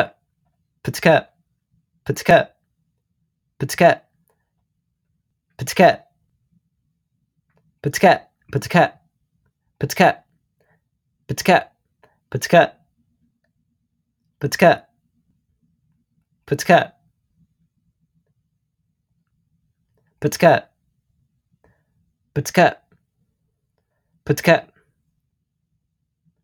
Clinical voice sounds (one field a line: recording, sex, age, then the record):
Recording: repeated syllables /pa ta ka/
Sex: male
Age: 18 to 19 years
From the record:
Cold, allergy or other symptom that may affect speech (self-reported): no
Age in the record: 19 years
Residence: Illinois, United States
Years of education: 13